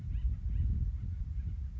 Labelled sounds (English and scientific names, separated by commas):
Acorn Woodpecker (Melanerpes formicivorus)